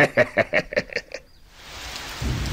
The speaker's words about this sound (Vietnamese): Chiều hôm đó trời lại chuyển mưa.